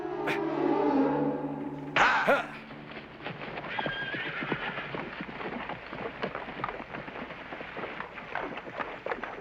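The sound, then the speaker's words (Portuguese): A horse lets out a loud, wavering whinny, followed by a sharp burst and then a steady run of hooves clip-clopping in an uneven rhythm that continues to the end. “Talvez os franceses sigam aqueles cavalos.”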